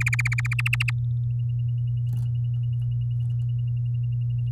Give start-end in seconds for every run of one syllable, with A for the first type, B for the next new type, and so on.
0.00-0.54 A, 0.58-0.91 B